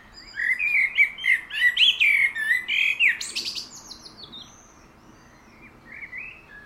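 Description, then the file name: Common blackbird song: one mellow warbled phrase that rises into a burst of high squeaky twitters, then soft scattered notes. "Turdus merula"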